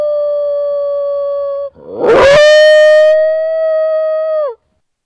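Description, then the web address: Wolf howl: a long, steady tonal note that breaks into a brief rough, noisy burst, then resumes as a level held tone before cutting off. Angry call. "animal wolf-angry-call"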